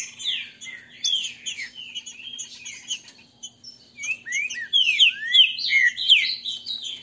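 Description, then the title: Green-winged saltator singing fast, chattering phrases of sliding whistled notes, quieter in the middle, then a louder, busier burst near the end. Male singing in a territorial, macho manner ('macheando'). "Canto De Trinca Ferro. TRINCA FERRO cantando e macheando"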